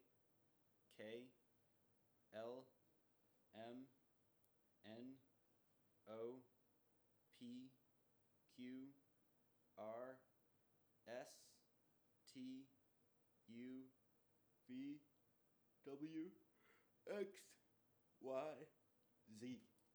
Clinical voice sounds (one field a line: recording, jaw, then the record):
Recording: letters of the alphabet, spoken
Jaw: free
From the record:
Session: first day, before the bite bar